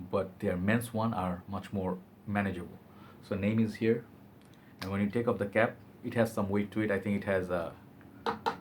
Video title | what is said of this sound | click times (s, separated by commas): CK Euphoria Pure Gold Fragrance Review (2017) | and metal combo yeah it kicks on - no it doesn't click on to place so yeah | none